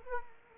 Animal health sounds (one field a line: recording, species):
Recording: mosquito wingbeat signal from an infrared sensor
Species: Aedes aegypti